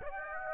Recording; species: mosquito wingbeat signal from an infrared sensor; Aedes aegypti